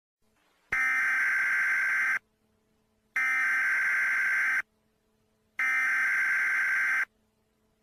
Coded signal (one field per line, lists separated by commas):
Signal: Emergency Alert System (SAME) tones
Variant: header bursts